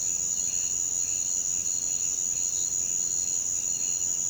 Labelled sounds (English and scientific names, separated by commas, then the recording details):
none
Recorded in pastures near Puerto Asís, Putumayo, Colombia, on 22 June 2025 at 05:30
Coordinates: 0.472, -76.331
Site G095